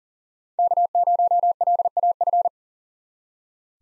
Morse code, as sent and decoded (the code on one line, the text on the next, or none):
-.- ----- .-.. .- ..-.
K0LAF